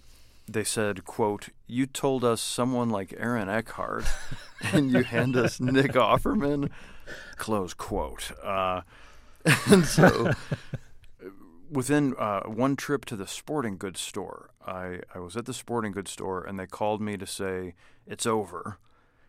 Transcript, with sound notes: They said, quote, "you told us someone like Aaron Eckhart, and you hand us Nick Offerman?" close quote.
(LAUGHTER)
And so - within - one trip to the sporting goods store - I was at the sporting goods store, and they called me to say it's over.